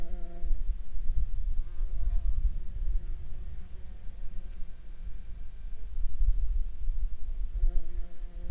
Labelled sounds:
insects
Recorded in Ivvavik National Park, Yukon, on 5 July 2019 at 14:29
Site SINP09

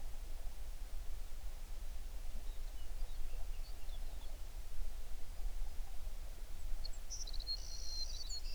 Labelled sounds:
songbird
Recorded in the Prudhoe Bay oil fields, Alaska, on 11 June 2019 at 05:38
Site 21

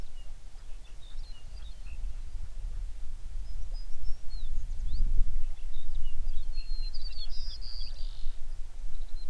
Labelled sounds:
songbird, wind
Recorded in the Prudhoe Bay oil fields, Alaska, on 11 June 2019 at 05:01
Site 21

